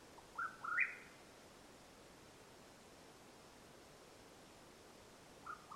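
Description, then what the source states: Mexican whip-poor-will giving one rolling, three-part whistled phrase that climbs to a higher final note, followed by long quiet and the start of another phrase at the end. Calling at nightfall in Madera Canyon, Arizona, USA, on 21 April 2022.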